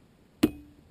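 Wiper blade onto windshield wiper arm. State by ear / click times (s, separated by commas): seated / 0.4 s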